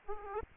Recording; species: mosquito wingbeat signal from an infrared sensor; Aedes aegypti